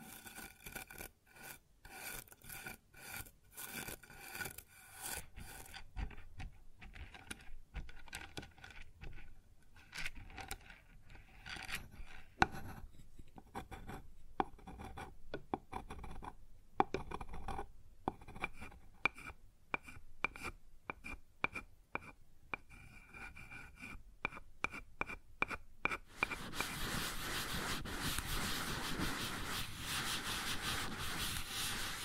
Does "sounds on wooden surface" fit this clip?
yes